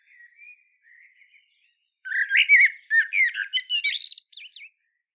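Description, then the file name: Eurasian blackbird singing: soft, low warbled notes at first, then a loud, squeaky, chattering twitter with rapid slurred whistles lasting over two seconds. "Turdus merula"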